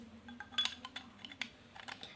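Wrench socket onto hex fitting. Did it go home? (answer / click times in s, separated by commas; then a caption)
no / none. A size-17 metal wrench socket is pushed onto a hex fitting to test whether it holds, producing a series of sharp, light metallic taps and clicks over a low background hum. The socket goes in deeper but does not lock or bite onto the fitting, so it fails to grip and nothing has seated or clicked yet.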